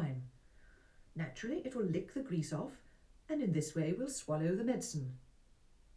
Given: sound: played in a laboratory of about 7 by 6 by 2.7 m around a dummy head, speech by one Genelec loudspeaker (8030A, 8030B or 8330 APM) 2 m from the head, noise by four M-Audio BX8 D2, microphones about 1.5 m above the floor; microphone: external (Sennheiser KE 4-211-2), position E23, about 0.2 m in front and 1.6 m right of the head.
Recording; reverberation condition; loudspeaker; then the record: female speech in English; low; 120 degrees to the left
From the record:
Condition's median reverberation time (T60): about 310 ms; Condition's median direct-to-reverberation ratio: about 3.5 dB